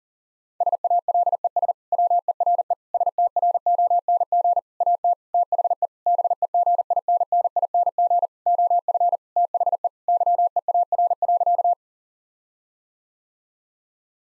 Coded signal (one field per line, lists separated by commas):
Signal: Morse code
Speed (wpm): 40 wpm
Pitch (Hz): 700 Hz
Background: none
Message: SALES WERE STRONG AT THE BEGINNING OF THE YEAR.